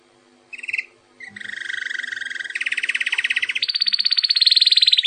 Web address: canary canary-sound